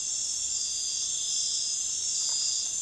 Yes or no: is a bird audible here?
no